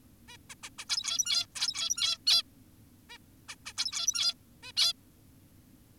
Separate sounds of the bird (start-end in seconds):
0.28-0.37, 0.50-0.55, 0.64-0.70, 0.79-0.85, 0.90-1.46, 1.56-2.18, 2.27-2.43, 3.10-3.18, 3.49-3.56, 3.66-3.73, 3.78-4.34, 4.63-4.72, 4.77-4.93